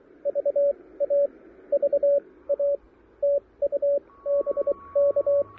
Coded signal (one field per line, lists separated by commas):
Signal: Morse code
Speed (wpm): 23 wpm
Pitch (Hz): 570 Hz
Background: radio noise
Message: VA VA TU BK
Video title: Pairing the Elecraft KH1 and an End-Fed Half-Wave for QRP POTA at Pisgah National Forest!